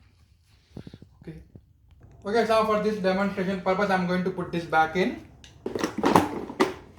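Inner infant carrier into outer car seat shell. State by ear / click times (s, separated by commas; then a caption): seated / 6.2 s, 6.6 s. The lightweight inner carrier of a Maxi-Cosi Coral XP infant car seat is put back into the outer seat's plastic shell while someone talks, with a few faint knocks early on. Sharp clicks at 6.2 s and 6.6 s mark the inner carrier seating, and it is connected.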